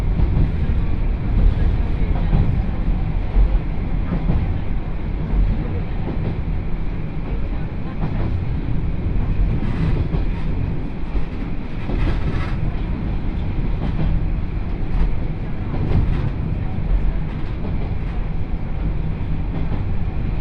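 A train ride on the Yodo Line between Uwajima and Chikanaga, heard as a steady, dense low rumble of the moving railcar that holds level for the whole stretch. Faint clicks and brief brighter rattles recur irregularly, especially around the middle, with a hint of voices underneath.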